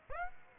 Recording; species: mosquito wingbeat signal from an infrared sensor; Aedes aegypti